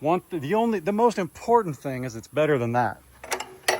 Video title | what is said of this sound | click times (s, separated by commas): 24 HOURS LATER! 🤩 | You got a positive click and it's shut. | 3.7 s